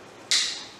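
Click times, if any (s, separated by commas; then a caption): none. An abrasive stone is being pressed into place on the opposite side of a cylinder hone's holder. After a quiet stretch, a sudden bright, hissy scrape starts at about 0.3 s and slowly fades out by the end. The stone has not snapped into the holder yet.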